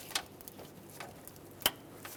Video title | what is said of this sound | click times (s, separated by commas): How to Replace Coolant Temperature Sensor 2008-2010 Ford F250 Super Duty 5.4L V8 | there we go press it down till it clicks there was this little one | 1.7 s